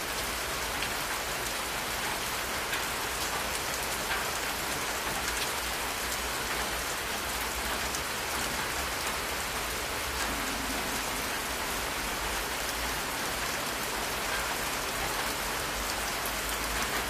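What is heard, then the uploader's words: Heavy rain falls steadily for the whole stretch, a dense, bright hiss of drops with a faint low rumble underneath. 3hrs of Thunder and Rain.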